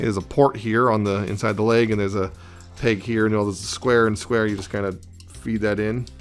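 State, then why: Not seated. Someone talks while feeding a plastic transforming-robot leg onto the square peg and port inside the leg joint of a combined Iron Factory Liokaiser figure. Only speech is heard, with no distinct handling sounds. Nothing has clicked or seated yet.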